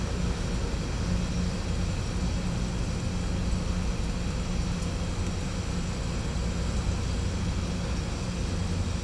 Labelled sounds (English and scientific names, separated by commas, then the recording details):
none
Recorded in pastures near Puerto Asís, Putumayo, Colombia, on 18 December 2024 at 10:30
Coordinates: 0.505, -76.324
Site G063